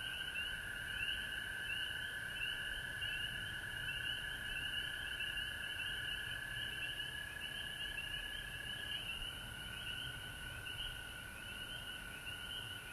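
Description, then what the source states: Frogs in full chorus: a sustained trill that drops slightly in pitch partway through, layered with fast repeated chirps. Frog chorus recorded at home in Georgia on March 19, 2020.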